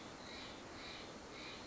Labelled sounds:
Steller's Jay
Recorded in Sonoma County, California

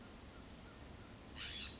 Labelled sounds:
California Scrub-Jay
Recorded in Sonoma County, California

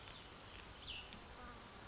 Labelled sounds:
Cassin's Vireo
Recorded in Sonoma County, California

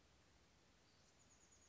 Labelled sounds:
Chestnut-backed Chickadee
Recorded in Sonoma County, California

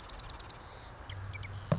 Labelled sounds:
Marsh Wren
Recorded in Sonoma County, California

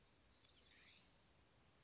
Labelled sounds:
California Scrub-Jay
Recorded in Sonoma County, California

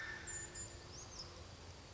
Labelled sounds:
Brown Creeper
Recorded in Sonoma County, California

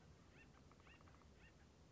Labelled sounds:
Acorn Woodpecker
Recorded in Sonoma County, California

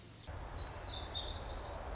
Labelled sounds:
Pacific Wren
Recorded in Sonoma County, California

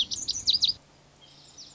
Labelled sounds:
Lazuli Bunting
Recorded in Sonoma County, California

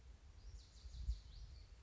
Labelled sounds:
Lazuli Bunting
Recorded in Sonoma County, California

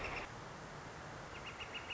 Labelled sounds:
Northern Flicker
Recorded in Sonoma County, California

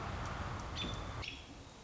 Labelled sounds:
American Robin
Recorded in Sonoma County, California

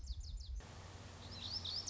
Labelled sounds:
Lazuli Bunting
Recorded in Sonoma County, California

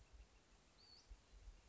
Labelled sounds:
Western Flycatcher
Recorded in Sonoma County, California

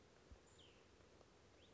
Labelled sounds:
Cassin's Vireo
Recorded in Sonoma County, California

